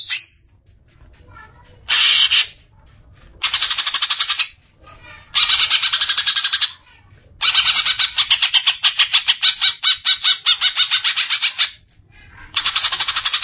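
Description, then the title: Greater green leafbird song in loud bursts of rapid, buzzy repeated notes of varying length, separated by short pauses. Singing of a bird described as a champion songbird. "Kicau Burung Cucak Ijo Juara"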